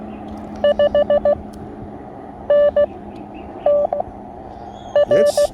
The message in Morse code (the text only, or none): 5 N T R